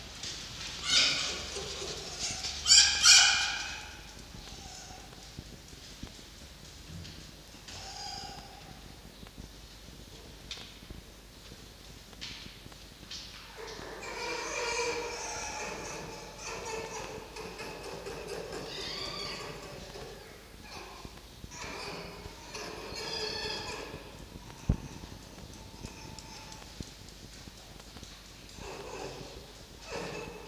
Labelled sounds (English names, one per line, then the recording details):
Red Fox
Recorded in captivity
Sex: pair
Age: adult
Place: Zoologisches Institut der HUB, Berlin, DE
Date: 1953-04-13 17:45
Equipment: Elmetra
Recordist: Tembrock, Günter